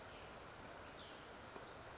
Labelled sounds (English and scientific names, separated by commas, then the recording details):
Western Flycatcher (Empidonax difficilis)
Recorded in Sonoma County, California